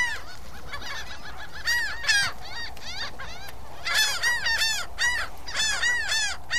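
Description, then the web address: Gulls calling with rising-falling, nasal yelping notes, starting sparse and then building into a rapid overlapping series from several birds. "seagulls"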